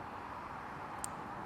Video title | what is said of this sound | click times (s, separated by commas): New Euro Light Kit - Remove US Pods from your new Vespa Primavera or Sprint | I heard that little snap in there. And now if I tug the wire, it's not pulling out. | 1.0 s